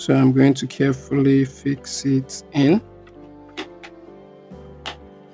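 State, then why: Not seated. Someone talks over background music while carefully lining up a 3-pin plastic cable connector with the matching three holes of the internal board socket inside an Epson printer and pushing it in. Faint handling ticks follow as the talking stops, but the connector has not seated or clicked yet.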